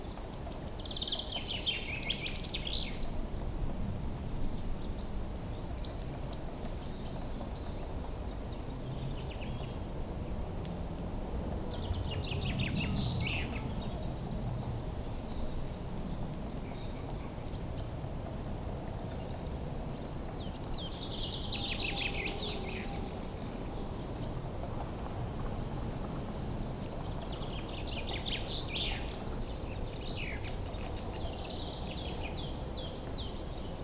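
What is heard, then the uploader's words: Birds chirp and sing in a forest, with bursts of bright, busy calls around 2, 7, 21, and 29 seconds. A thin, high insect-like tone runs steadily throughout. Beneath it all sits a constant low rumble of wind or distant noise. Forest Birdsong Nature Sounds-Relaxing Bird Sounds for Sleeping-Calming Birds Chirping Ambience.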